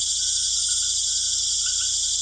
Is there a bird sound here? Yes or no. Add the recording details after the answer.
no. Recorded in secondary vegetation near Puerto Asís, Putumayo, Colombia, on 22 June 2025. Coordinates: 0.488, -76.319. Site G094